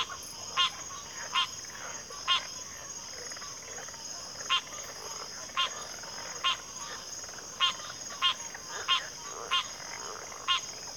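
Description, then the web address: Cricket chorus forms an unbroken high-pitched trill, punctuated by sharp pulsed calls sounding roughly once every second. Chorus of crickets in a backwater. "WLL Grade 1-12 Pre-Uni Library Enter Natures Songs Sleep Sounds of Nature CRICKETS Backwater Chorus"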